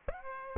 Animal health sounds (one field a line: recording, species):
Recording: mosquito wingbeat signal from an infrared sensor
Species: Aedes aegypti